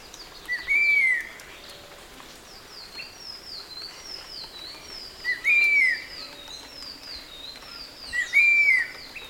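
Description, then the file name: Cinnamon Attila repeating a short slurred whistle three times over a busy background of high chirping birds. Call, recorded in the field. "attcin cri"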